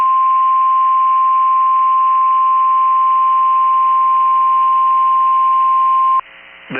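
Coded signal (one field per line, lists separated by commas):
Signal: Emergency Alert System (SAME) tones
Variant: 1050 Hz attention tone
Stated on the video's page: NOAA Weather Radio EAS alerts from Big Spring and Fort Worth, Texas transmitters.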